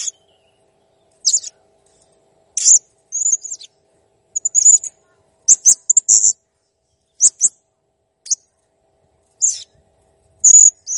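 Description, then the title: Blue-crowned hanging parrot giving sharp, very high squeaky chirps in short bursts, some doubled, spaced irregularly with brief silent gaps. Master recording for training cage birds; the bird is described as gacor (persistently vocal) and jernih (clear). "Masteran Burung Serindit Masteran Serindit Gacor Jernih"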